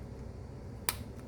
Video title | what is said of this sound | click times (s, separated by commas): 지갑 바느질 안 뜯고 단추 부착 요령 #가죽의전당 #명품 #가죽 #diy #leathercraft #익산 | 딸깍 이렇게 소리가 나는 거죠. | 0.9 s